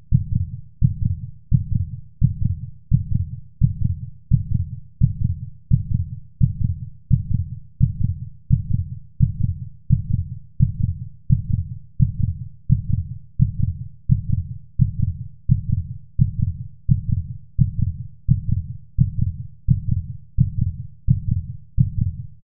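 A steady, regular adult heartbeat at about 86 beats per minute, with low-pitched thumping beats.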